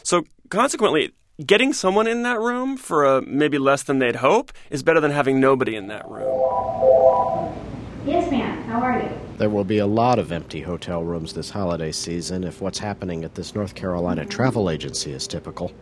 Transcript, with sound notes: So consequently, getting someone in that room for maybe less than they had hoped is better than having nobody in that room.
(Soundbite of beeping) Yes, ma'am. How are you?
There will be a lot of empty hotel rooms this holiday season if what's happening at this North Carolina travel agency is typical.